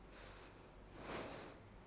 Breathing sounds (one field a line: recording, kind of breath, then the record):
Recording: one breath in and out by a microphone near the nose and mouth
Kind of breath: deep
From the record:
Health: marked as sick, illness not named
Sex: female